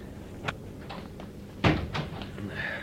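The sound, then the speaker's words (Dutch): A door swings shut with one solid, low thump, surrounded by a few lighter clicks and rattles of handling against a quiet, steady background hiss. “Doe de deur dicht. Wacht maar, ik doe het wel.”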